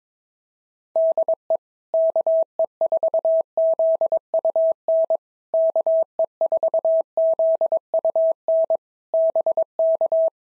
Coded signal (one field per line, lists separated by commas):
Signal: Morse code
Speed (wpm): 22 wpm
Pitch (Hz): 650 Hz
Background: none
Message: DE KE4ZUN KE4ZUN BK